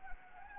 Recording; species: mosquito wingbeat signal from an infrared sensor; Anopheles arabiensis